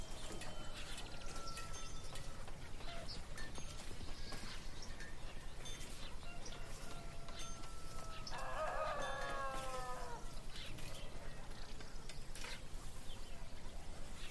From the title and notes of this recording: Peaceful fantasy town in the morning.